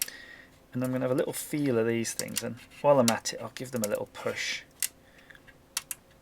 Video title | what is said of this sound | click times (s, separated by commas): Commodore 64 bodge it time again! | you can hear that clicking sound that creaking sound that's the sound of a chip seating down a few millimeters | 5.8 s, 5.9 s